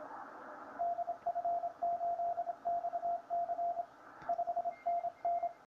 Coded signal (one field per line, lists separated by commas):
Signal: Morse code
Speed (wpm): 26 wpm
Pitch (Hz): 690 Hz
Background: radio noise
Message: DF8XC 5NN